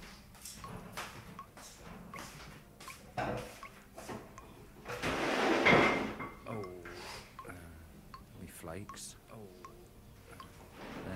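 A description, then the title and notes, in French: Ambient sounds from a trip to Wales: people talking in bits, with clicks, knocks and short bumps scattered throughout. Around five to six seconds a louder rushing noise swells up, and a brief high tone rings near the middle. Un montage de sons d'ambiance pris au cours d'un voyage au Pays de Galles au mois de juillet.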